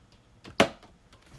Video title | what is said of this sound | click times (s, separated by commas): LEGO Icons 2022 Lion Knights' Castle 10305 Build Part 3 | what that he closes into so that locks | 0.6 s